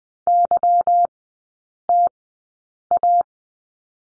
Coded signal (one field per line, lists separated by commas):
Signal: Morse code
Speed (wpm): 20 wpm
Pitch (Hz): 700 Hz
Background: none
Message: YTA